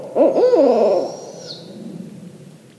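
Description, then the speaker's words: Barred owls give a loud wavering hooting call that fades out, while a thin high whistle runs above it. A pair of barred owls calling with their nestling, presented as what a barred owl 'party' might sound like. "It might sound something like this. That's a pair of barred owls calling with their nestling, their little baby owl."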